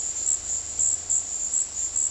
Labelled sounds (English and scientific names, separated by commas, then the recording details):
none
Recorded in dense forest near Puerto Asís, Putumayo, Colombia, on 21 February 2024 at 15:00
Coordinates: 0.485, -76.325
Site G6429